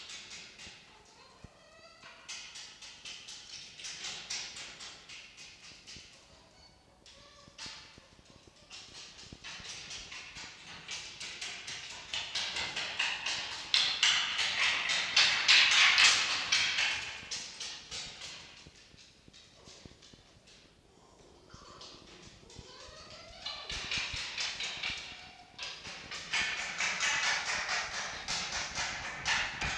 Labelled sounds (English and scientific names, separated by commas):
Red Fox (Vulpes vulpes)